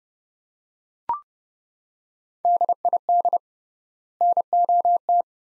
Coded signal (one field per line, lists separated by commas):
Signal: Morse code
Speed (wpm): 30 wpm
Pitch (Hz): 700 Hz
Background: none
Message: DID NOT